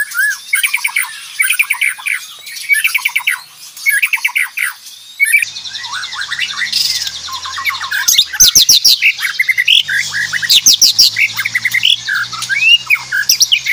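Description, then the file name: White-rumped shama singing a fast, varied song of rapid trills, chattering runs and sharp whistled notes, phrases tumbling almost without pause, with a faint low hum in the background. Aceh variety; loud, fast-paced, densely delivered song. "Suara Jernih murai aceh gacor speed rapat"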